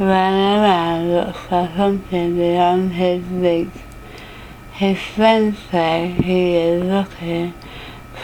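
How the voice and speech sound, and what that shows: An adult reads the Rainbow Passage slowly, with stretched vowels, blurred and missing consonants, and a flat, steady pitch, in short bursts separated by pauses. This slurred, imprecise articulation is dysarthria, a motor speech disorder from weakness or poor control of the speech muscles.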